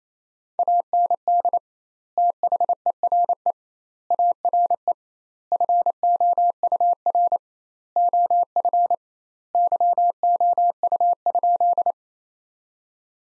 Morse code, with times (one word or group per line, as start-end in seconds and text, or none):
0.6-1.6 AND
2.2-3.5 THERE
4.1-4.9 ARE
5.5-7.4 FOUR
8.0-8.9 OF
9.5-11.9 YOU?